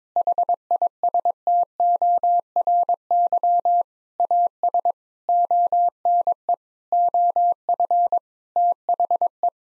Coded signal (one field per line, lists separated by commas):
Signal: Morse code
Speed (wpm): 22 wpm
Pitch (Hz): 700 Hz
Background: none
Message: HISTORY AS ONE OF THE